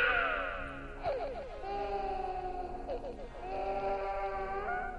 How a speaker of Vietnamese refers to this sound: Khi chúng tôi đi sâu vào trong nhà, bất giác có tiếng trẻ con khóc. Tiếng trẻ con khóc vang lên, nghe đáng sợ lắm.